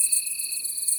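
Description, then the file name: Great green bush-cricket stridulating, a steady high-pitched sizzling buzz with quick rhythmic pulses throughout. "La grande sauterelle verte"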